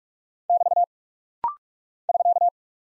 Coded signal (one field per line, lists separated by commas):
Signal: Morse code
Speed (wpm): 44 wpm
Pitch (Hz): 700 Hz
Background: none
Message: <BT> <SK>